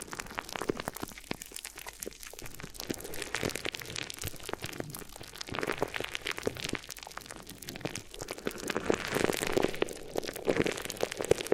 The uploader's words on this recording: ASMR Addictive Crinkly Ear Massage (No Talking).